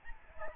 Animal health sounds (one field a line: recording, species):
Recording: mosquito wingbeat signal from an infrared sensor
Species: Aedes albopictus